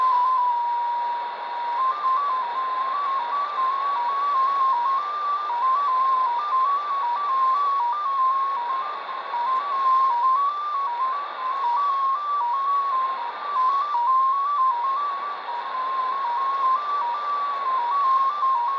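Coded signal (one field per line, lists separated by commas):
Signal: numbers station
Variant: XPA2 MFSK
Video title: Degen DE-1103 - XPA2 18/12/2022 1130 UTC 17451kHz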